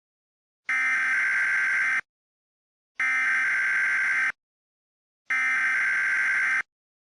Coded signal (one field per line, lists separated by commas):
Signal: Emergency Alert System (SAME) tones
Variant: header bursts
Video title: EAS Alert #10 (Severe Weather Warning)